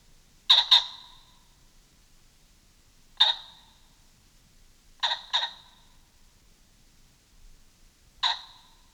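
Common pheasant giving harsh, rasping crow notes, some as quick doubled bursts and some single, spaced a few seconds apart against a quiet background.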